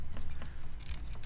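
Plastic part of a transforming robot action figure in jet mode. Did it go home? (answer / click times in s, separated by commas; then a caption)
no / none. A plastic part of a Hasbro Transformers Studio Series Coronation Starscream action figure in jet mode is handled as it is being fitted into place. Faint, brief plastic ticks and taps sound over a low background rumble. Nothing has seated or clicked yet.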